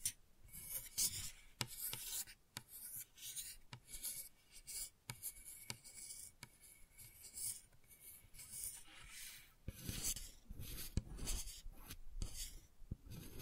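Gentle scratching and rubbing, like a rasp or nails dragged over a rough surface, continues throughout in uneven strokes. Each stroke is a brief hissy swell, with sharp little clicks scattered between them. A slightly heavier, fuller burst of scraping comes around ten seconds.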